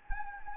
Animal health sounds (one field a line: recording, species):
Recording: mosquito wingbeat signal from an infrared sensor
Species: Anopheles gambiae